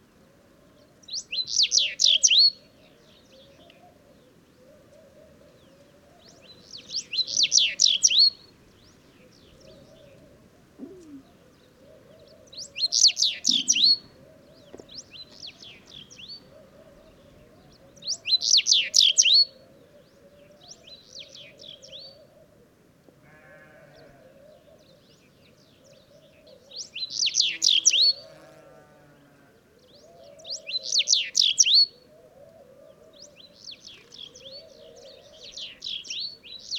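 House buntings sing short bright phrases every few seconds among stone ruins at sunrise, over a low steady murmur and faint bleating.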